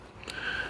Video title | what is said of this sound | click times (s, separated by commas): How to Assemble and Operate the OKM EXP 5500 - طريقة تجميع وتشغيل جهاز #OKMeXp5500 بخطوات بسيطة | At this point, there's a little click. | 0.3 s